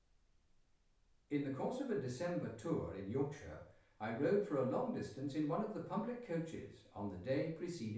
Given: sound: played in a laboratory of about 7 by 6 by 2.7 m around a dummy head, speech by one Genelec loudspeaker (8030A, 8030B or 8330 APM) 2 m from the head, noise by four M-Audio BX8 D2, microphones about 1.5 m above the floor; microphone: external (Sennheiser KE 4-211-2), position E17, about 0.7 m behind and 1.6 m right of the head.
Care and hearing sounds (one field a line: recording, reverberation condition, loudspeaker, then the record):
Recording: male speech in English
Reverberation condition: medium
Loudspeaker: 150 degrees to the left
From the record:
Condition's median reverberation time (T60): about 510 ms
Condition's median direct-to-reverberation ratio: about -0.5 dB